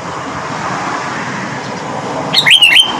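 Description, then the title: Sooty-headed bulbul's short phrase of three bubbly whistled notes at the end, over continuous traffic noise. "Kutilang"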